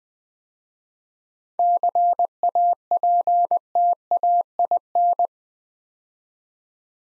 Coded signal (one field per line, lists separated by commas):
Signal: Morse code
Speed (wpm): 20 wpm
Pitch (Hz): 700 Hz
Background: none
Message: CAPTAIN